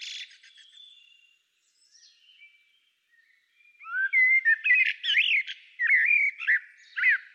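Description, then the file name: Common blackbird: a soft scratchy start and quiet pause, then loud fluty warbling phrases with high twittering ends. "Turdus merula"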